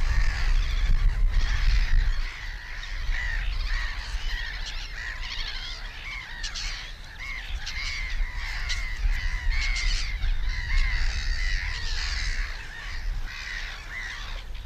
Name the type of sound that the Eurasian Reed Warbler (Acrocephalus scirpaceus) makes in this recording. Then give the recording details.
song. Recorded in the wild. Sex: male. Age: adult. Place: Schönerlinde, Naturpark Barnim, Brandenburg, DE. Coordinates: 52.6511, 13.4058. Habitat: pond. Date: 1991-06-09 10:55. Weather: partly sunny, 15 - 17°C. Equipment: Marantz, Sennheiser ME 80, Kopie Tesla B 116. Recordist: Tembrock, Günter